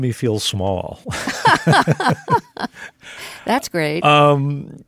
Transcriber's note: laughter